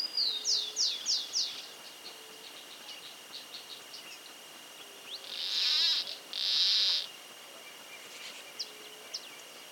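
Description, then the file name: Rufous-tailed plantcutter giving two creaky, buzzy rasps in quick succession, after a fast run of high chirping notes, with faint twitters. "cortarramas voz"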